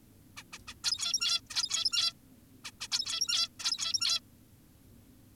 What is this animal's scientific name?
Taeniopygia guttata